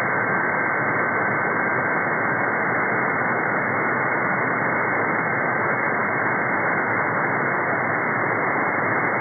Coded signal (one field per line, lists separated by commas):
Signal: FT8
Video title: 11 Meters open Sporadic E skip scan CB and 11 meters Shortwave SDRplay RSP1A